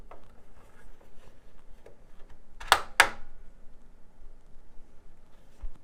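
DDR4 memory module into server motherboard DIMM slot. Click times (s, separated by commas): 2.7 s, 3.0 s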